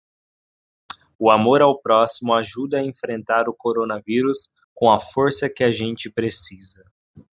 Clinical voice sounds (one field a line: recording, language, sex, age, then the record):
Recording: spoken sentence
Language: Brazilian Portuguese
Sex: male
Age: 20 to 29 years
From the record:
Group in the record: control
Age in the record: 21 years